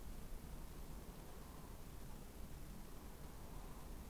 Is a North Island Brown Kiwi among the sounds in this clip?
no